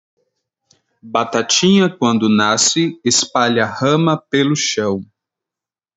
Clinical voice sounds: short text; Brazilian Portuguese; male; 20 to 29 years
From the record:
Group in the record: control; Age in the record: 23 years

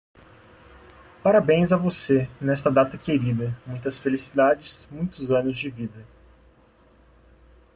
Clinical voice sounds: short text; Brazilian Portuguese; male; 20 to 29 years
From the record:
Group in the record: control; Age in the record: 23 years

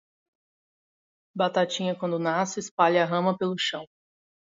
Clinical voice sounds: short text; Brazilian Portuguese; female; 30 to 39 years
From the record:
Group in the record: control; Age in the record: 30 years

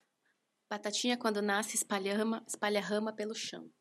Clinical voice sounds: short text; Brazilian Portuguese; female; 30 to 39 years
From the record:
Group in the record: control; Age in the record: 33 years

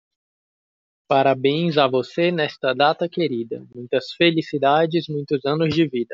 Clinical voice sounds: short text; Brazilian Portuguese; male; 20 to 29 years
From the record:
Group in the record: control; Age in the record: 28 years

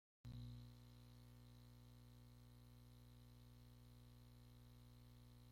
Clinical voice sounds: spoken sentence; Brazilian Portuguese; male; 30 to 39 years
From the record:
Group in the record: control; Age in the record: 32 years

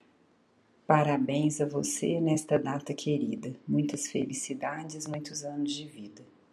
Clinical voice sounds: short text; Brazilian Portuguese; female; 50 to 59 years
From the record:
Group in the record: control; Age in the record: 50 years

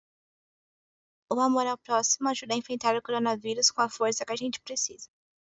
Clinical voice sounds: spoken sentence; Brazilian Portuguese; female; 20 to 29 years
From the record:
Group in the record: control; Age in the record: 24 years

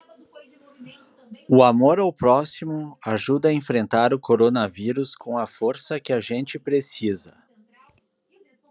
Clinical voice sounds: spoken sentence; Brazilian Portuguese; male; 30 to 39 years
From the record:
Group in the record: control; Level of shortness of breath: 0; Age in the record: 39 years

